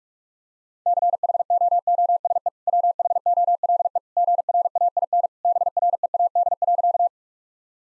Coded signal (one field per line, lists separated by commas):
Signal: Morse code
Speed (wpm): 46 wpm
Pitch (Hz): 700 Hz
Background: none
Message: CHOOSE WHOLE GRAIN BREAD.